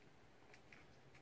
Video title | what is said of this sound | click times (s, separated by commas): tec tip friday # 5 how to clean a motor | already clicked in there we go okay we're | 0.5 s, 0.7 s